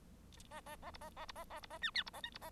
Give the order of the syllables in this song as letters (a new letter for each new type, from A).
A A A B A A B A A B A C D B A E B A